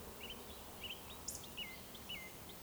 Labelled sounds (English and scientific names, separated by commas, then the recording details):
Eurasian Woodcock (Scolopax rusticola) whistle
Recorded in Baden-Württemberg, Germany, on 12 June 2020 at 20:01 UTC
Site 43791, 788 m above sea level